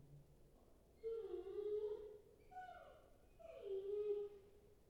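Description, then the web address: Dog: a puppy whining in several drawn-out cries that slide downward, with a quiet background. Puppy crying and whining. "Puppy Dog Crying Whining"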